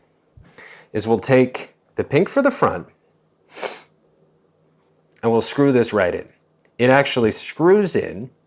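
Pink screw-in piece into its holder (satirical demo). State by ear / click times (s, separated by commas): not seated / none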